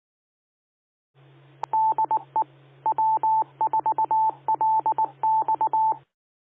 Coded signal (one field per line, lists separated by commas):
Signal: Morse code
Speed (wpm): 19 wpm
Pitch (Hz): 880 Hz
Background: none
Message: DE W4LX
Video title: 🔴LIVE Florida's Amateur Radio Repeaters Using QueCast, Never Miss a Thing!